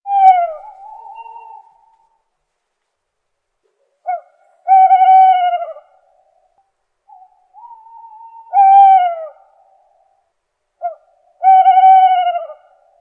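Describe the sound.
Bird: paired hoots, a short soft note followed by a louder falling hoot, repeated every three to four seconds with silence between.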